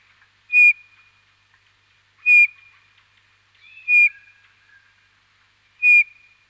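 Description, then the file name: Eurasian bullfinch repeating a gentle, clear piping whistle four times, evenly spaced about every one and three-quarter seconds, each note dropping a little in pitch. Recorded in winter. "Jean C Roch Pierre Palengat - Hiver bouvreuil pivoine"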